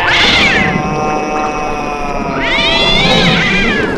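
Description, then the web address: Cat howl: two long wavering yowls, one at the start and one near the end, with a sustained tone and low rumble between them. Howling cats, Halloween theme. "Halloween Nightmare CD Sound Effects -halloween sound effects-howling cats"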